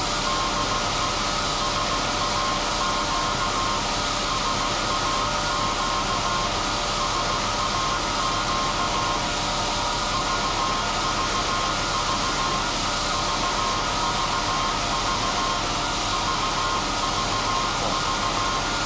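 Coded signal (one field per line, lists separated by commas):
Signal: Morse code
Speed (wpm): 16 wpm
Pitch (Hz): 1060 Hz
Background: none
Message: DE SAQ SAQ SAQ VVV VVV VVV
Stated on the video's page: SAQ Grimeton Alexanderson alternator, electro-mechanical 200 kW transmitter on 17200 Hz, from a 1.6 m disc with 488 cut-outs spinning at 2115 rpm.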